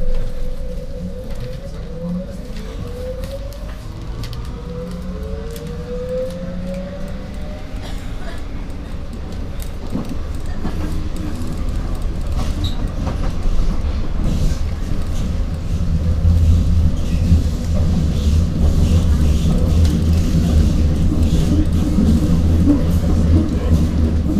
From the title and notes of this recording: U-Bahn Rathaus Neuköln - Alexanderplatz Berlin. The whole U-Bahn trip from Rathaus Neuköln to Alexanderplatz.